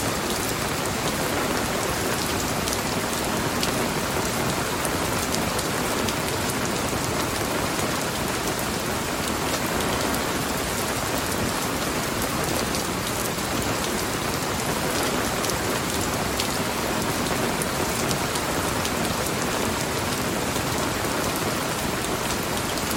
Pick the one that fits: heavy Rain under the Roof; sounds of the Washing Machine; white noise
heavy Rain under the Roof